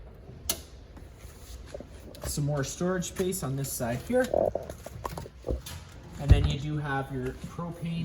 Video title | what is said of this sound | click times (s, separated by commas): 2024 FOREST RIVER SUNSEEKER 2850SLEF STK#13646 | That just locks into place like so. | 0.5 s